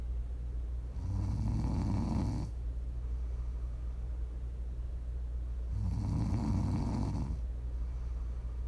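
Snoring from a sleeping adult for relaxation (ASMR): two rumbling snores, each lasting about a second and a half and about five seconds apart, with quieter breathing between them over a steady low hum.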